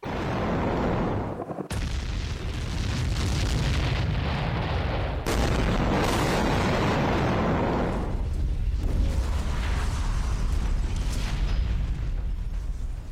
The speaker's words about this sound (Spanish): Y esto que escucháis es el sonido de las explosiones sobre Gaza, una vez más